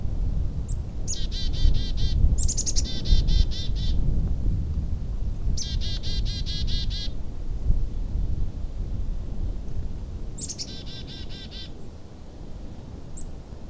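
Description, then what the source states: Black-capped Chickadee call: several runs of rapid, buzzy repeated 'dee' notes, with thin high lead-in notes, over low rumbling background noise. Winter walk into a pine forest at Tamarack National Wildlife Refuge; sings its name; more 'dee' notes in the chickadee-dee-dee call signal a higher threat level, a warning call for other birds.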